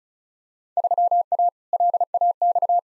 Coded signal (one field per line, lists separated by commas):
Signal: Morse code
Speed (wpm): 36 wpm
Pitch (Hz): 700 Hz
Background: none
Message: 3A LAX